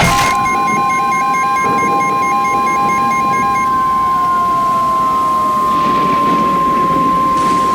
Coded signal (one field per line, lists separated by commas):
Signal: Emergency Alert System (SAME) tones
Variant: 1050 Hz attention tone